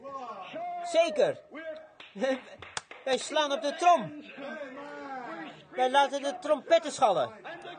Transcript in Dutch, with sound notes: Zeker! Wij [Broeder Branham klapt in zijn handen – Vert] slaan op de trom. Wij laten de trompetten schallen,